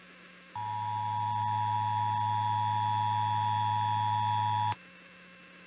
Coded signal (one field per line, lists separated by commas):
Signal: Emergency Alert System (SAME) tones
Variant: 853 and 960 Hz attention tone